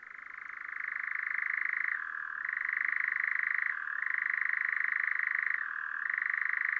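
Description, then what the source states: European Nightjar churring: a loud, continuous mechanical purring trill that dips briefly lower in pitch three times, returning each time to its steady level. Regular, classic song of a bird newly arrived from Africa, perched on a Scots pine among nearly flowering broom; evening, 8 May 2020, Drôme, France; Nagra LB, MKH40 stereo.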